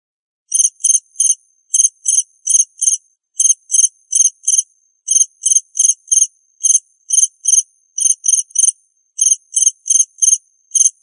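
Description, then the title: Cricket chirps, high and raspy, arriving in steady small clusters of pulses across the whole stretch, with nothing else audible. "suara Hujan Guntur Suara Jangkrik Dan Burung"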